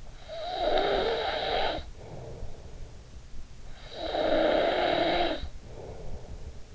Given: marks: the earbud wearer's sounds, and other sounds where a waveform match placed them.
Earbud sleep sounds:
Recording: sounds in sleep by an in-ear microphone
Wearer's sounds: snoring breath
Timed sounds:
0.09-3.01 s: snoring breath
3.29-6.75 s: snoring breath

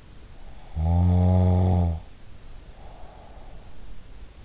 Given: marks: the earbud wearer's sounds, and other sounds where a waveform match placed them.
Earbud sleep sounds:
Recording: sounds in sleep by an in-ear microphone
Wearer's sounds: snoring breath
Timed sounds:
0.42-3.94 s: snoring breath

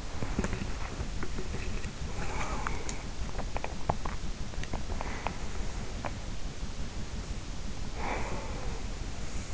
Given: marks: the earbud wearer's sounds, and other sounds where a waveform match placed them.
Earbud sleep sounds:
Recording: sounds in sleep by an in-ear microphone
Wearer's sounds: body movement, breath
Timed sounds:
0.00-6.28 s: body movement
2.02-3.32 s: breath
7.83-9.12 s: breath

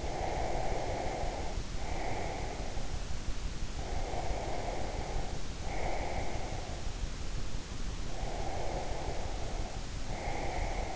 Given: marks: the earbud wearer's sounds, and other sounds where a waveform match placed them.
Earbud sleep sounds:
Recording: sounds in sleep by an in-ear microphone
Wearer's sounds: breath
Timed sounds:
0.00-2.72 s: breath
3.84-6.72 s: breath
8.02-10.96 s: breath

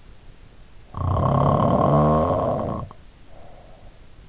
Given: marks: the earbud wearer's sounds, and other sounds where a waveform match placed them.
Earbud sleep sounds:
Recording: sounds in sleep by an in-ear microphone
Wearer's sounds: snoring breath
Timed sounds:
0.79-4.10 s: snoring breath

